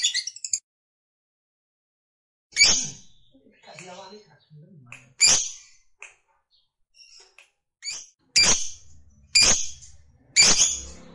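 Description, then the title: Lovebird giving sharp, shrill squawks in scattered bursts, some paired, with quiet gaps and soft low rustling between them. Fighter-type lovebird singing energetically (gacor). "Berkat SUARA Lovebird FIGHTER GACOR Ini"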